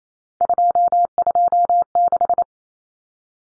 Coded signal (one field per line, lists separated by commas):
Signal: Morse code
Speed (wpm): 28 wpm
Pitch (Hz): 700 Hz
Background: none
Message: 226